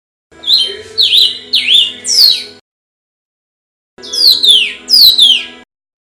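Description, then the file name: Cardinal song in two phrases, each a series of loud clear downslurred whistles, four notes then a pause and two more, over a faint steady hum. "audio burung kardinal. omkicau"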